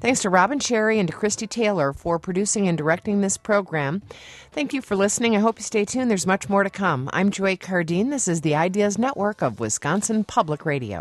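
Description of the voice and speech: A woman radio host signs off a program in smooth, fluent speech at an even pace with clear voicing.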